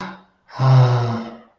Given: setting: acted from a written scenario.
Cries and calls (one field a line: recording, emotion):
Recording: vocal sound without words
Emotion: romantic love